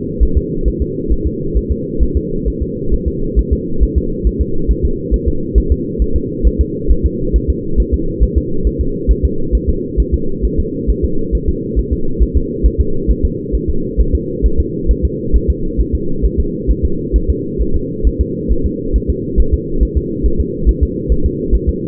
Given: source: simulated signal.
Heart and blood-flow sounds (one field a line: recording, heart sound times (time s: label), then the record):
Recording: fetal heart sounds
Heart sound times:
0.23 s: S1
0.38 s: S2
0.68 s: S1
0.82 s: S2
1.12 s: S1
1.27 s: S2
1.57 s: S1
1.72 s: S2
2.03 s: S1
2.17 s: S2
2.48 s: S1
2.62 s: S2
2.94 s: S1
3.08 s: S2
3.39 s: S1
3.53 s: S2
3.83 s: S1
3.98 s: S2
4.27 s: S1
4.41 s: S2
4.71 s: S1
4.85 s: S2
5.14 s: S1
5.28 s: S2
5.58 s: S1
5.72 s: S2
6.02 s: S1
6.16 s: S2
6.47 s: S1
6.61 s: S2
6.91 s: S1
7.06 s: S2
7.36 s: S1
7.50 s: S2
7.80 s: S1
7.94 s: S2
8.23 s: S1
8.38 s: S2
8.67 s: S1
8.81 s: S2
9.11 s: S1
9.25 s: S2
9.55 s: S1
9.69 s: S2
10.00 s: S1
10.14 s: S2
10.45 s: S1
10.60 s: S2
10.90 s: S1
11.05 s: S2
11.35 s: S1
11.49 s: S2
11.79 s: S1
11.93 s: S2
12.22 s: S1
12.37 s: S2
12.66 s: S1
12.81 s: S2
13.11 s: S1
13.25 s: S2
13.55 s: S1
13.70 s: S2
14.00 s: S1
14.15 s: S2
14.46 s: S1
14.60 s: S2
14.91 s: S1
15.05 s: S2
15.36 s: S1
15.50 s: S2
15.81 s: S1
15.95 s: S2
16.25 s: S1
16.40 s: S2
16.71 s: S1
16.85 s: S2
17.16 s: S1
17.30 s: S2
17.61 s: S1
17.76 s: S2
18.07 s: S1
18.21 s: S2
18.52 s: S1
18.66 s: S2
18.96 s: S1
19.10 s: S2
19.40 s: S1
19.54 s: S2
19.83 s: S1
19.97 s: S2
20.26 s: S1
20.41 s: S2
20.69 s: S1
20.83 s: S2
21.12 s: S1
21.26 s: S2
21.55 s: S1
21.69 s: S2
From the record:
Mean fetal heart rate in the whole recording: 135 bpm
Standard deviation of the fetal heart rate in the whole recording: 3 bpm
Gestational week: 34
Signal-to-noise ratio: -8.1 dB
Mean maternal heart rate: 72 bpm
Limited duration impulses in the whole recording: absent